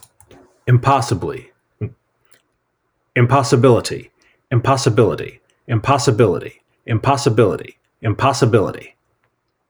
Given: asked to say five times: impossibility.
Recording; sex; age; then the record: repeated word; male; 40 to 49 years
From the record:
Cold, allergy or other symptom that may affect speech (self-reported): no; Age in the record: 41 years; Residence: North Carolina, United States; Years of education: 16